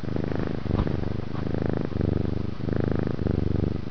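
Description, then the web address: Cat purring: a low, rumbling pulse that swells and breaks in repeated waves. "Cat Sounds Tinky"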